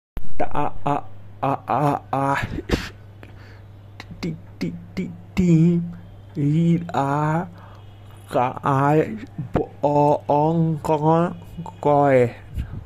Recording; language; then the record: elicited speech; Bengali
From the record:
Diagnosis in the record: Broca's or global aphasia after a stroke